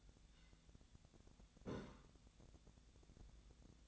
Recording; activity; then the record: daily activity, microphone in the room; take from stove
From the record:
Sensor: 3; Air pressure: 1010.0 hPa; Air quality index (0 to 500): 186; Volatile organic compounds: 13 ppm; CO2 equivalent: 2425 ppm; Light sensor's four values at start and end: 41/103/44/48 and 41/103/44/48